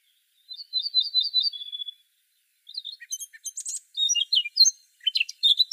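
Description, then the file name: Eurasian blackcap song: a clear, rolling whistled phrase ending in a level note, followed after a pause by a busy scratchy warble. "Sylvia atricapilla"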